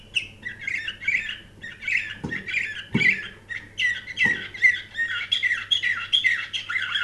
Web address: canary canary-sound